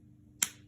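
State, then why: Seated. A plastic cap is pushed back onto a felt-tip marker until it snaps shut. Low, quiet background sound precedes a single sharp, bright snap at 0.4 s that fades quickly, and the cap is seated.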